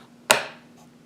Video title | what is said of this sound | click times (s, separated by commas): Sideshow Collectibles: The Mandalorian "The Child" Life-Size Figure | and you can hear it click right into place it's a really strong magnet so he holds it with no problem | 0.3 s